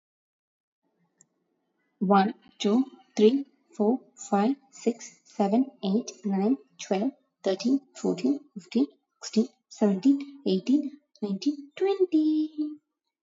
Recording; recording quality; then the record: counting at a normal pace; excellent, no background noise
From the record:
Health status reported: exposed to COVID-19, no respiratory illness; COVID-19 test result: negative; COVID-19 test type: RT-PCR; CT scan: not taken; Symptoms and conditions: sore throat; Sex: female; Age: 22 years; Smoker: no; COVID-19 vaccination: one dose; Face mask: not worn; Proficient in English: yes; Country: India